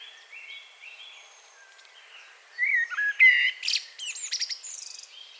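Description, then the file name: Common blackbird singing: soft fluted whistles at first, then a louder burst of squeaky, scratchy twittering notes in the second half. "Turdus merula"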